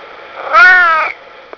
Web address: Heartland Valley. Siamese